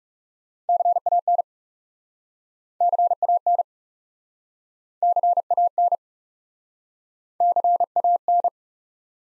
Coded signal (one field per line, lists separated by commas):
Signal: Morse code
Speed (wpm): 40 wpm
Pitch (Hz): 700 Hz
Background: none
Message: CAN CAN CAN CAN